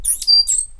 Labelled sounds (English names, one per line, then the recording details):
Stitchbird song
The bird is a male
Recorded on Tiritiri Matangi Island, New Zealand, in 2005
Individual 8, of nest box 10